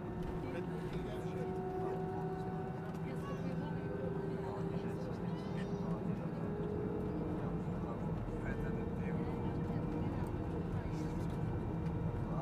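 A plane takes off, heard from inside the cabin as a steady, dense engine roar with a deep low rumble and a sustained whine that slowly rises in pitch. Muffled voices of passengers murmur underneath throughout, and the loudness stays even across the whole stretch.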